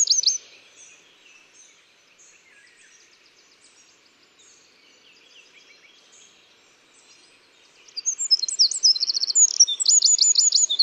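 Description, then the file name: Eurasian wren, a brief loud burst at the start, a quiet stretch of faint high notes, then a sudden loud burst of rapid ringing trills and sharp chips during the last three seconds. "Troglodytes troglodytes"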